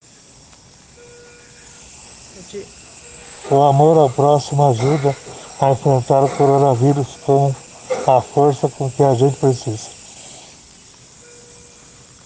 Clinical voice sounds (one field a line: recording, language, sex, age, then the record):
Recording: spoken sentence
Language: Brazilian Portuguese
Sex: male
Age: 40 to 49 years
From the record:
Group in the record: respiratory insufficiency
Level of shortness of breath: 5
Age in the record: 46 years